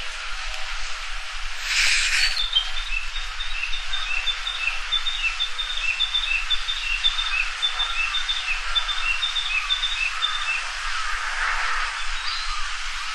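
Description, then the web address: Narcissus flycatcher: a run of faint short notes repeated steadily for several seconds, partly masked by constant loud hiss, with a brief noise burst near the start. "kaysaka kibitaki"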